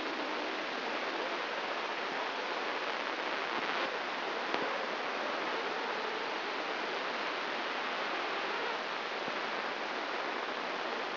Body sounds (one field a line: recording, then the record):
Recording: brain microelectrode recording played as sound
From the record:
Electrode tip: inside the subthalamic nucleus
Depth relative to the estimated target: 0 mm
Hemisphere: right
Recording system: AlphaMap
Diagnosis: Parkinson's disease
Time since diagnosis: 10 years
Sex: female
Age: 63 years